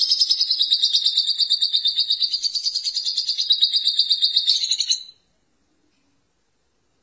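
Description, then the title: Lovebird with a shrill, rapidly pulsed chattering trill for about five seconds, fading into silence, with a new sound starting at the very end. "BM Suara Burung Lovebird"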